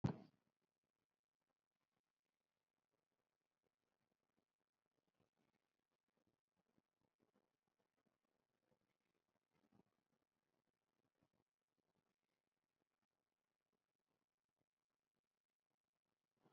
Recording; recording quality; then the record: shallow breathing; poor, much background noise or distortion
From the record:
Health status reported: COVID-19 positive, mild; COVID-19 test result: positive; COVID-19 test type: RT-PCR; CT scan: not taken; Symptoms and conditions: cold, diarrhoea, diabetes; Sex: male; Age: 31 years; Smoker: no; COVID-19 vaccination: both doses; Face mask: worn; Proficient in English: yes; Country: India